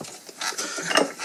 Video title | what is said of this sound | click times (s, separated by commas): Cross-Stitch Hydro-Viper | It actually does click into place up and down. | 1.0 s